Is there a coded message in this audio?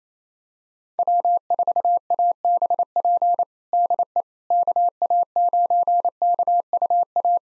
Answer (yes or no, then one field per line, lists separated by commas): yes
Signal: Morse code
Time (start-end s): 1.0-7.4 s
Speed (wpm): 28 wpm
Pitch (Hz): 700 Hz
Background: none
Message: W4ABP DE KA9KUA